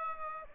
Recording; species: mosquito wingbeat signal from an infrared sensor; Aedes aegypti